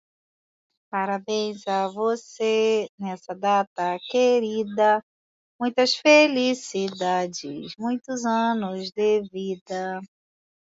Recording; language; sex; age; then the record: short text; Brazilian Portuguese; female; 30 to 39 years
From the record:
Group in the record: control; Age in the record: 39 years